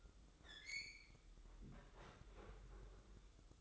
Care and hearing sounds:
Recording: daily activity, microphone in the room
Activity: open fridge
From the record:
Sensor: 3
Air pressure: 995.2 hPa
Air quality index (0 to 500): 77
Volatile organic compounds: 5 ppm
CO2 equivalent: 1826 ppm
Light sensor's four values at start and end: 19/57/24/21 and 19/57/24/21

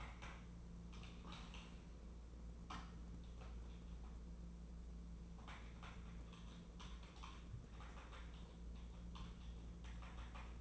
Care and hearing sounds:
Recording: daily activity, microphone in the room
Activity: typing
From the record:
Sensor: 1

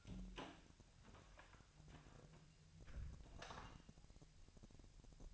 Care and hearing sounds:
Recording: daily activity, microphone in the room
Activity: close door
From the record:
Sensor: 2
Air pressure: 1007.0 hPa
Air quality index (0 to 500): 191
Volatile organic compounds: 12 ppm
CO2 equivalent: 2344 ppm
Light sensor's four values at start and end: 10/24/10/10 and 10/23/10/10

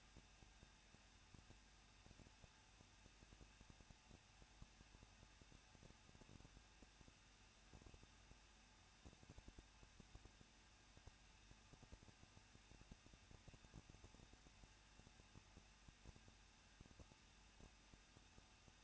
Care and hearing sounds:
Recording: daily activity, microphone in the room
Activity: no activity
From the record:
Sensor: 2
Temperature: 21.0 degrees Celsius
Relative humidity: 37.3%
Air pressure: 1006.3 hPa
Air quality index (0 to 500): 221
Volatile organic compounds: 23 ppm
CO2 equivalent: 2789 ppm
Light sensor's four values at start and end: 2/3/2/2 and 2/3/2/2

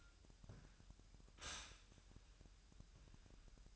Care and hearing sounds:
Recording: daily activity, microphone in the room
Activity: stop toaster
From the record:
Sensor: 2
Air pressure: 1001.9 hPa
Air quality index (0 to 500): 246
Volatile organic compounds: 38 ppm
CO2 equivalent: 3112 ppm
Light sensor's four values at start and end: 9/30/12/11 and 9/30/12/11

